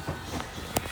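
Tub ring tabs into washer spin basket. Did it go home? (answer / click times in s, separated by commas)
yes / 0.4 s, 0.8 s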